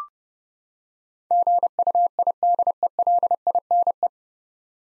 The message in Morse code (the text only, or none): GUIDELINE